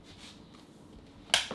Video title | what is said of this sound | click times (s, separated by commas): How My Peg Leg Works! (Above Knee Amputee) | you hear that clicking sound that clicking sound was the pin going into the lock | 1.3 s